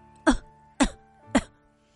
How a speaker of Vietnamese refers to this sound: Tiếng Tô phu nhân hung hăng ho khan truyền đến, lời Lưu Tẩu bỗng nhiên bị cắt đứt.